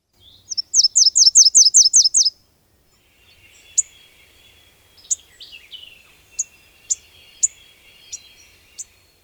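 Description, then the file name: Nashville Warbler song: a high, rapid series of repeated notes lasting about two seconds, followed by scattered sharp chips and fainter, lower sounds. Dated 24 May 2000. "2000-05-24 Nashville Warbler"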